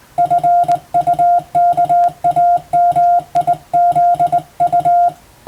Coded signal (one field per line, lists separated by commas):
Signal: Morse code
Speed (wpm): 19 wpm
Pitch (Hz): 700 Hz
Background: none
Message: FUKAMIZU